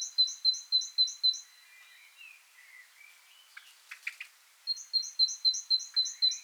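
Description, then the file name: Great tit song, short series of bright repeated two-note phrases, a gap with softer twittering and clicks, then the series resumes. "Parus major"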